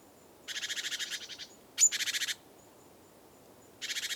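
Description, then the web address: Great tit churring calls: three harsh, buzzy pulsed rattles, the second opening with a thin high note, separated by short quiet gaps. "SETE Parus major"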